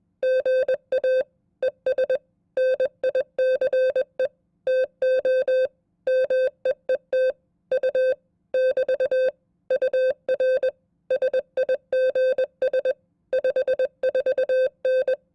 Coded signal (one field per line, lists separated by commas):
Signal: Morse code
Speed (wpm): 21 wpm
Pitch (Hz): 520 Hz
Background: none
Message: GA ES NICE TO MEET U <BT> UR SIGS 54N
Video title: Morse Code Test #1 @20 WPM